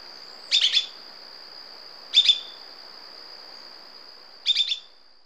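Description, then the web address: Immaculate antbird calls: three brief bursts of clipped chips over a steady high tone. Ecuador, South America. "Natures Songs S America Birds of Ecuador Immaculate Antbird"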